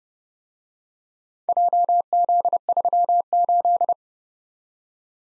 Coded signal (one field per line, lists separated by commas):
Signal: Morse code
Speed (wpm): 30 wpm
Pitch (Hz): 700 Hz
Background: none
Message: JZ38